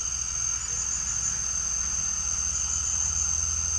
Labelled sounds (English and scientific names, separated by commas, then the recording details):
none
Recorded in pastures near Puerto Asís, Putumayo, Colombia, on 4 March 2025 at 18:30
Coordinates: 0.497, -76.327
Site G072